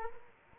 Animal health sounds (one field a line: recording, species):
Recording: mosquito wingbeat signal from an infrared sensor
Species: Culex quinquefasciatus